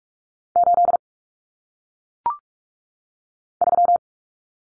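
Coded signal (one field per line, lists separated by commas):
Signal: Morse code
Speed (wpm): 42 wpm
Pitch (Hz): 700 Hz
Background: none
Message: 8 3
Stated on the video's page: Head-copy drill of common single-digit cut numbers at 45 wpm, with T, A, N for 0, 1, 9, each sent in Morse, spoken, then sent again.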